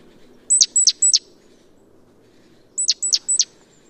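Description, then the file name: Great tit repeating brisk high descending notes in two bursts of three, pause between bursts, faint low background noise throughout. "Parus major"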